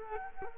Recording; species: mosquito wingbeat signal from an infrared sensor; Culex quinquefasciatus